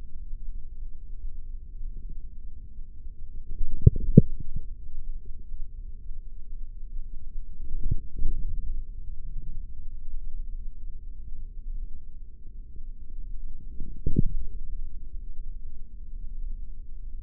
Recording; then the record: forearm muscle sounds (acoustic myography)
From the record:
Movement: forearm pronation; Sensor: system 3, bracelet of six PUI Audio POM-2738L microphones around the upper forearm, with dedicated amplification and filtering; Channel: 2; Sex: male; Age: 55 years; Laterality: right